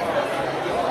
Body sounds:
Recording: background sound without coughing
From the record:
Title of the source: CITY SOUNDS Busy Bar in the Evening Night - 2 HOURS of Ambiance for Relaxation

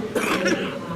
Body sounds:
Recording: coughing mixed with background sound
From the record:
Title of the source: 31 night wet cough

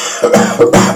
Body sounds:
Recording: coughing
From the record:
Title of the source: Cough Around the Clock!

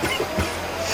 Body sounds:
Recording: coughing mixed with background sound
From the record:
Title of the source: Dry Afternoon Cough

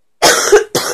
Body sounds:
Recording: coughing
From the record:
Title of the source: 30 Chesty and wet cough

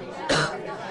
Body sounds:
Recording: coughing mixed with background sound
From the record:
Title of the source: female coughing - coughing sound effects girl

